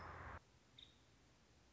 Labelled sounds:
Nuttall's Woodpecker

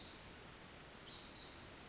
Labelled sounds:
Pacific Wren

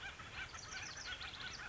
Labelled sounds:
House Wren

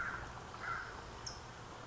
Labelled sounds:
California Towhee

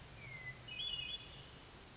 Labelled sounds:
Brown Creeper

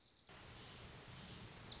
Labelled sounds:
Wilson's Warbler

